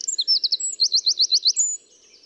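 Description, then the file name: Eurasian wren song, a fast high-pitched run of sharp notes including a clear rattling trill of repeated units, ending abruptly. "Troglodytes troglodytes"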